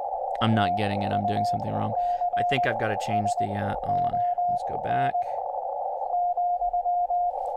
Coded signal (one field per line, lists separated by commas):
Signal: Morse code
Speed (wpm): 20 wpm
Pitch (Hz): 710 Hz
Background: speech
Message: TUCSON,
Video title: First Look at Yaesu FTdx-10 Ham Radio - Livestream